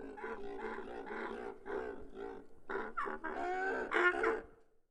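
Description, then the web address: Goose: honking and cackling in a dense run of harsh nasal calls, loudest near the end before fading out. "Tom Hutchings Geese"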